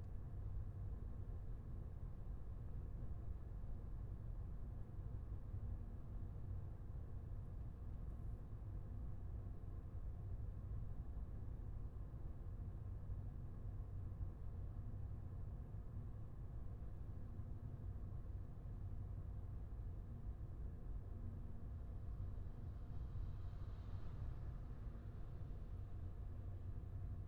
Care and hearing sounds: everyday scene through a hearing-aid microphone; in a vehicle; engine, highway driving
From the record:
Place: Skoda Fabia, gasoline engine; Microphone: behind the ear, left, rear

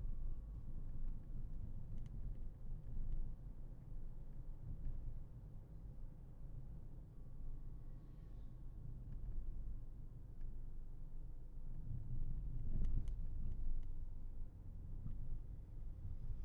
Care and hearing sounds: everyday scene through a hearing-aid microphone; in a vehicle; engine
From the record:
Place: Berlingo II, diesel engine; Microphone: behind the ear, left, front

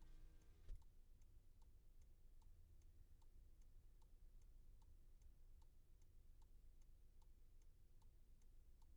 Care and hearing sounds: everyday scene through a hearing-aid microphone; in a vehicle; engine idling, traffic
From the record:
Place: Skoda Fabia, gasoline engine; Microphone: behind the ear, left, front

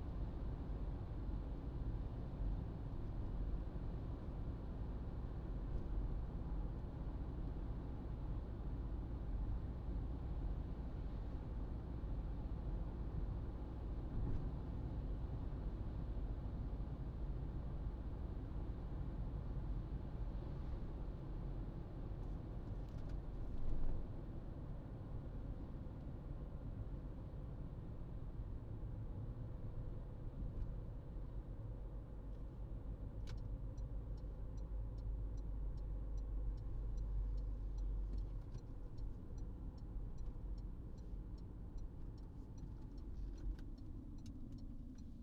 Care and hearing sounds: everyday scene through a hearing-aid microphone; in a vehicle; engine, traffic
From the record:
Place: Berlingo II, diesel engine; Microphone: in the ear canal, right

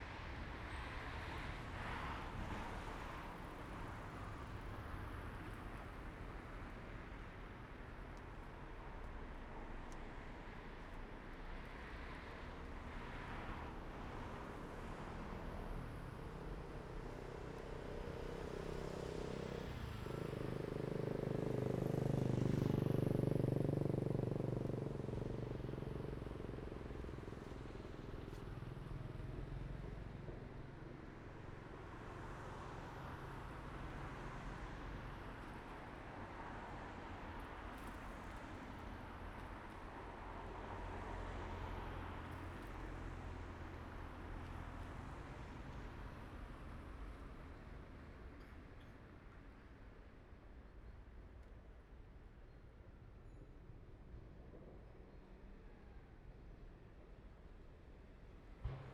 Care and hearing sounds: everyday scene through a hearing-aid microphone; in traffic; traffic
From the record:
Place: main road on the outskirts, rush hour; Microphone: behind the ear, right, rear

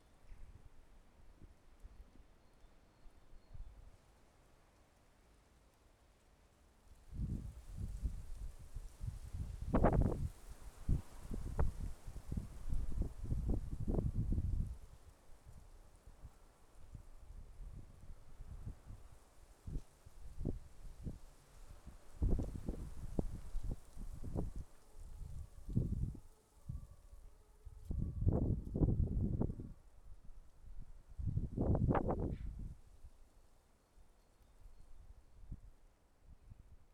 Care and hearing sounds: everyday scene through a hearing-aid microphone; wind on the microphone; wind, traffic, siren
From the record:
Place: suburban garden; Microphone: behind the ear, left, rear

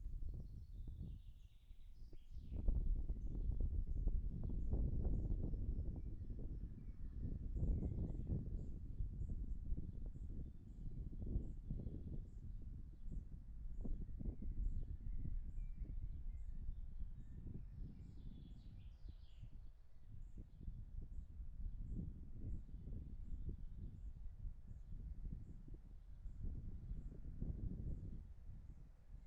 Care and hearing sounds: everyday scene through a hearing-aid microphone; wind on the microphone; wind, birds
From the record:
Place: in front of a rural house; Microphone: behind the ear, right, rear

